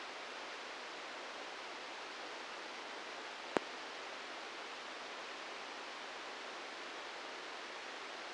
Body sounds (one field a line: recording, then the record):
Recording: brain microelectrode recording played as sound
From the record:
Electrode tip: inside the subthalamic nucleus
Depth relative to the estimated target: 0 mm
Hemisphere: right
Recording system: NeuroSet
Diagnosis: Parkinson's disease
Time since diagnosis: 15 years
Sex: female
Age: 59 years